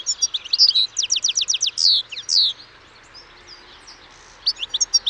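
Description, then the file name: European goldfinch song: a run of rapid, sharply descending chirps and a few buzzy notes, a short silence, then more twittering. "Carduelis carduelis"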